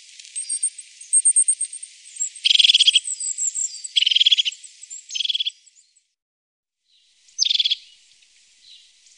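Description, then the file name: Crested tit giving several short, buzzy, rolling trills with faint thin notes mixed in, then a pause and one more trill. "Tofsmes"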